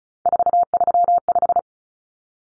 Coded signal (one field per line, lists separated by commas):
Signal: Morse code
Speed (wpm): 34 wpm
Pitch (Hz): 700 Hz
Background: none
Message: 435